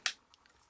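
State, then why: Seated. A hinged plastic panel on a Transformers G1 Thunderwing figure is flipped down during transformation and clicks into place with one sharp, bright snap at 0.1 s. Two much fainter ticks follow at about 0.3 and 0.5 s. The panel is seated.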